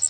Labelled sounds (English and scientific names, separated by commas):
Yellow Warbler (Setophaga petechia) flight call